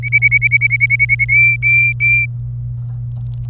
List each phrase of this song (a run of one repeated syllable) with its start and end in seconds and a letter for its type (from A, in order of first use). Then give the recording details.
0.03-1.25 A, 1.29-2.26 B. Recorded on 27 April 2018 at 14:40. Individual llb3